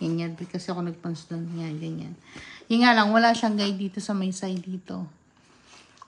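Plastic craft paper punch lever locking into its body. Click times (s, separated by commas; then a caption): 6.0 s. A plastic craft paper punch is pressed so its lever locks into its body. Someone talks for most of the clip, then a sharp, short click sounds at 6.0 s as the punch locks in place.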